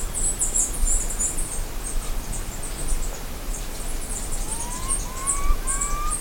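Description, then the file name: Bird calls: a short series of upward-sliding whistled notes near the end, with thin high chirps throughout over steady low background noise. "SABIOD 50 bird 2015"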